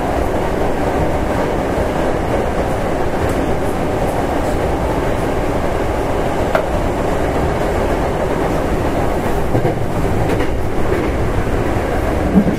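An express train on the Takarazuka Line runs along with a steady, dense rumble heavy in the low end. The level holds even throughout, with faint rattles and a few brief clicks and knocks scattered across the run, one sharper tap near the end.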